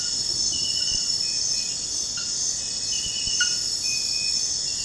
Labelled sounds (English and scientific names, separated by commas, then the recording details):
none
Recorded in dense forest near Puerto Asís, Putumayo, Colombia, on 18 February 2024 at 04:00
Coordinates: 0.472, -76.329
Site G6394